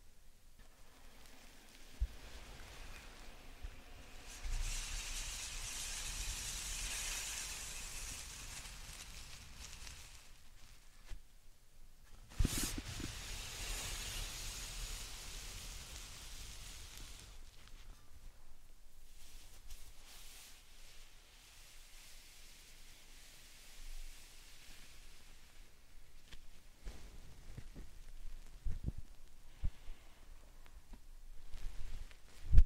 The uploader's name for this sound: Satisfying Slime Sand Triggers